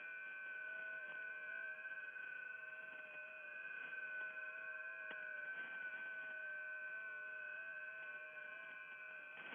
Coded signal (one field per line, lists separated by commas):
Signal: FT8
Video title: [ARCHIVE] Music, Ham Radio Voices & FT8 — Offline World-wide Comms from the Edge of the Net